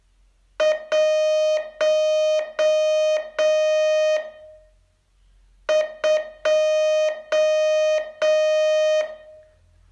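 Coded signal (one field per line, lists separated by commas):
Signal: Morse code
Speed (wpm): 8 wpm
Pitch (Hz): 620 Hz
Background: music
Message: 1 2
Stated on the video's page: Morse training lesson, day 34 of a 42-day course.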